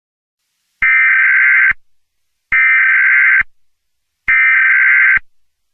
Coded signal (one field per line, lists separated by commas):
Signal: Emergency Alert System (SAME) tones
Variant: header bursts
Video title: Ke Kai e’e: A Hawaiian EAS Scenario